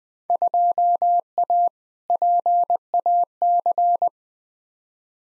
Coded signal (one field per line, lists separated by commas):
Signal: Morse code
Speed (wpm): 20 wpm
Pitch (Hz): 700 Hz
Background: none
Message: 2A PAC